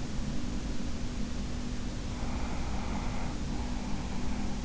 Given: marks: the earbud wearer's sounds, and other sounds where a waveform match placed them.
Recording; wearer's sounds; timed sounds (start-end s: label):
sounds in sleep by an in-ear microphone; breath
2.06-4.60 s: breath